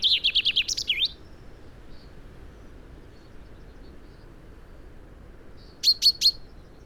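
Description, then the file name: Common chaffinch calling: a rapid string of high chipping notes at first, a long pause, then a tight group of three sharp notes. "Fringilla coelebs"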